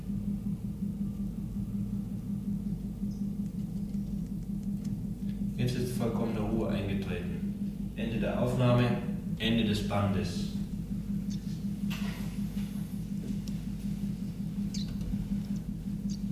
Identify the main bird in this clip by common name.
Iberian Chiffchaff